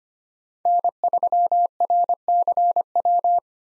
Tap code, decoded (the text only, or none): none